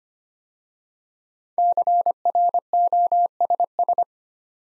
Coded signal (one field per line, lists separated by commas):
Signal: Morse code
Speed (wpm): 25 wpm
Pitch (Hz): 700 Hz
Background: none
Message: CROSS